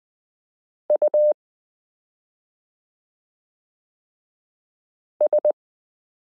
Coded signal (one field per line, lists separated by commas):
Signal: Morse code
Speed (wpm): 20 wpm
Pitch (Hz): 600 Hz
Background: none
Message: US